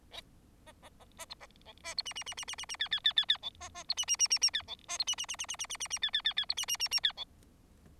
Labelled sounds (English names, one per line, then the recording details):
Bengalese Finch song
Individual Bird4